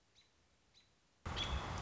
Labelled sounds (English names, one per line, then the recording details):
American Robin
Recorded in Sonoma County, California